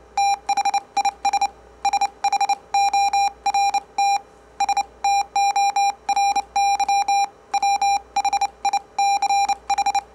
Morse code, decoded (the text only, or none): THIS SHORT STORY WHICH